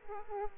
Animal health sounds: mosquito wingbeat signal from an infrared sensor; Aedes aegypti

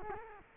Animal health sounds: mosquito wingbeat signal from an infrared sensor; Culex quinquefasciatus

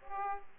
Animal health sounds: mosquito wingbeat signal from an infrared sensor; Aedes aegypti

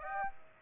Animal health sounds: mosquito wingbeat signal from an infrared sensor; Aedes aegypti

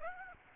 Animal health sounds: mosquito wingbeat signal from an infrared sensor; Aedes aegypti

